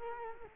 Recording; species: mosquito wingbeat signal from an infrared sensor; Culex quinquefasciatus